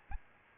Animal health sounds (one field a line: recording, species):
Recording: mosquito wingbeat signal from an infrared sensor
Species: Aedes albopictus